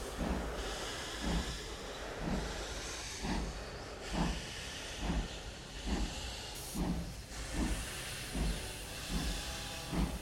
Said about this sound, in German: 23.15 Uhr, das ist genau die Zeit, zu der der andere, der D-10, den Bahnhof verlässt.